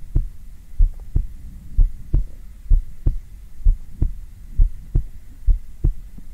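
Normal adult heartbeat heard on bare skin through a black 3Dio binaural microphone, steady at about 65 beats per minute with paired low thuds, made as calming ASMR.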